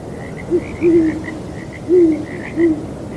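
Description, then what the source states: Owl giving four low hoots in an uneven series, a brief note followed by longer ones, with frogs calling steadily behind. Breezy night; owls hooting together with frogs.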